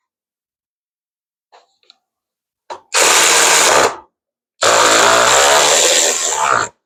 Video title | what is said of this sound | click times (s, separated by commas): Frustration got the best of me... | There, it's stripped out. | none